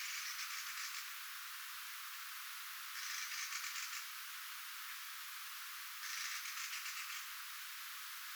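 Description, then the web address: Mistle thrush churring: three buzzy, stuttering rattles about three seconds apart, heard over a steady hiss. Recorded 3 October 2024; the calls somewhat resemble a Eurasian jay's, especially the first sound. "paivat 3 10 2024 kulorastaslinnun aantelya vahan muistuttaa varsinkin ensimmainen aani narhen aanta"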